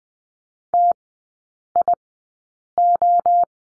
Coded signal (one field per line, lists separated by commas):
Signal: Morse code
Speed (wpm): 20 wpm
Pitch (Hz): 700 Hz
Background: none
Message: TIO